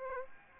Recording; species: mosquito wingbeat signal from an infrared sensor; Aedes aegypti